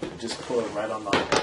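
A removable plastic accessory piece on a Smart Trike Recliner 4-in-1 stroller frame is handled while someone talks. Soft plastic handling sounds are heard, with brief brighter bursts near 1.1 s and 1.3 s, but nothing has seated or clicked yet.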